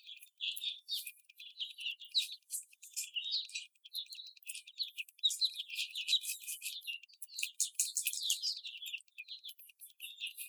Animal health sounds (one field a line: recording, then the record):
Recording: young laying hens in a cage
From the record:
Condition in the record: after the stressor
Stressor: simulated dog barking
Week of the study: 4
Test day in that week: 2